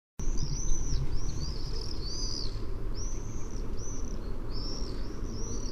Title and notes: Lyden av en tårnseiler by forskningno